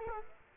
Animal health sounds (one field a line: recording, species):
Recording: mosquito wingbeat signal from an infrared sensor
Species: Culex quinquefasciatus